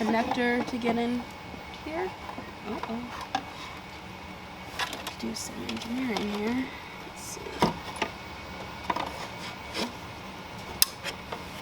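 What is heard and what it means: Someone talks while working the last wiring harness connector into the back of a Holley EFI 6.86" Pro Dash aftermarket digital dash display in a turbo Foxbody, with scattered small taps and scrapes of fiddling. At 10.8 s a sharp, loud click is heard as the connector seats.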